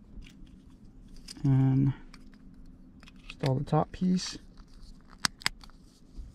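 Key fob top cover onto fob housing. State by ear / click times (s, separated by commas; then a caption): seated / 5.2 s, 5.5 s. After the coin cell battery is replaced in a 2016-2023 Toyota Tacoma key fob, the plastic top half of the fob shell is pressed onto the base while someone talks. Two sharp snaps ring out at 5.3 s and 5.5 s as the cover seats and snaps shut.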